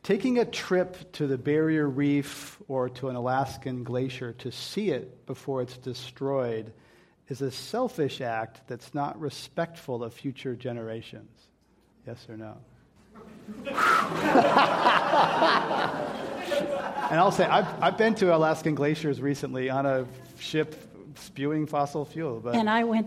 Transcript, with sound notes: taking a trip to the Bay Area reef or to an Alaskan glacier to see it before it’s destroyed is a selfish act that’s not respectful of future generations. Yes or no?
[Laughter]
And I will say, I’ve been to Alaskan glaciers recently on a ship spewing fossil fuel.